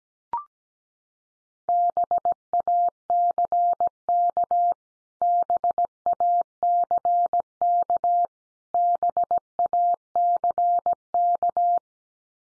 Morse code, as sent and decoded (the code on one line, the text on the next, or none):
-... .- -.-. -.- / -... .- -.-. -.- / -... .- -.-. -.-
BACK BACK BACK